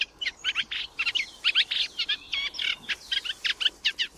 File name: kleine karekiet